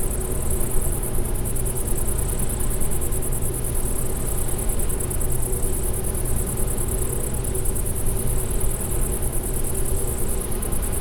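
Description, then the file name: Bush-cricket song as an unbroken high, rapidly ticking buzz, set against loud low-frequency rumble. Recorded near a wind energy plant at Klein Leine, 20 August 2016, 22:24 h. "wind-energy-plant gbushcrick-SEV-AV 2224 h d bb klein-leine"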